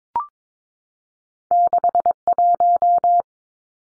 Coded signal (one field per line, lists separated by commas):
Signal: Morse code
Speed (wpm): 22 wpm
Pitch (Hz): 700 Hz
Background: none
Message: 61